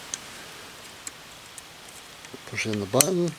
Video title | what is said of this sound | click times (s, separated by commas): FISKARS 10 IN FOLDING SAW REVIEW | and you hear that snap right into place | 0.1 s